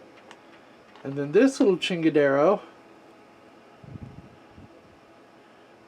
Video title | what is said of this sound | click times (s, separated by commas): A Day in the life of an IT Guy - Bad Switch - Bad Switch | put it in a 45 degree angle and then you hear it snap | 0.3 s